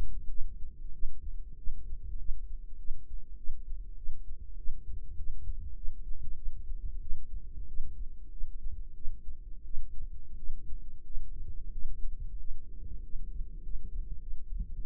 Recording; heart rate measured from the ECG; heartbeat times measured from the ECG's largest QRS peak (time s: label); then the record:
heart sounds by microphone in the right ear; 95 bpm
0.28 s: heartbeat
0.92 s: heartbeat
1.56 s: heartbeat
2.17 s: heartbeat
2.77 s: heartbeat
3.36 s: heartbeat
3.96 s: heartbeat
4.56 s: heartbeat
5.16 s: heartbeat
5.75 s: heartbeat
6.35 s: heartbeat
7.00 s: heartbeat
7.67 s: heartbeat
8.30 s: heartbeat
8.94 s: heartbeat
9.64 s: heartbeat
10.36 s: heartbeat
11.03 s: heartbeat
11.71 s: heartbeat
12.38 s: heartbeat
13.02 s: heartbeat
13.62 s: heartbeat
14.19 s: heartbeat
14.76 s: heartbeat
From the record:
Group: healthy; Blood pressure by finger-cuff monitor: 104/59 mmHg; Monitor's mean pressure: 72 mmHg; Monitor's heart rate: 95 bpm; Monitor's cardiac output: 8.1 L/min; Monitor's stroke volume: 86 mL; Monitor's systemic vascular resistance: 640 dyn s/cm5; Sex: female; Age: 22 years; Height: 157 cm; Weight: 47.6 kg